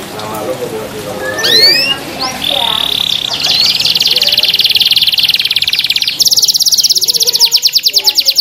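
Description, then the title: Canary singing a few swooping whistles, then a long sustained buzzy trill that breaks into a very high, fast rattling roll. Small champion canary described as singing persistently ('gacor'). "Kenari Kecil Juara Gacor Nova"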